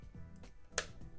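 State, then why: Seated. A plastic Razer Junglecat game controller half is slid onto the rail of a phone case until it locks, with a sharp click at 0.8 s over a low background hum. It seats securely.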